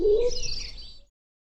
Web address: cianscape birddata Deverinetal 2025 Bird Co Pa Co Pa